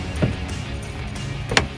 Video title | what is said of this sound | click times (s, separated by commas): 2018-2020 F-150 MP Concepts Emblem Housing for MP Concepts Grille Review & Install | Everything should click pretty audibly back into place. | 1.6 s